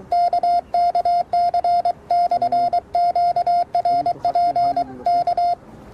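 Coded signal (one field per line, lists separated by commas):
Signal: Morse code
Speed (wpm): 22 wpm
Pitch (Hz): 690 Hz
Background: none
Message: KKC/QRP K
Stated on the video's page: QRP CW from an FT-817 during a bicycle trip.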